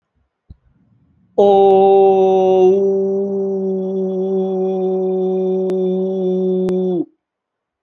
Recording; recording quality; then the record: sustained vowel as in boot; excellent, no background noise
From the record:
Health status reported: healthy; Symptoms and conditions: none ticked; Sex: male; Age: 30 years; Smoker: not ticked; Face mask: not worn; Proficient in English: yes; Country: India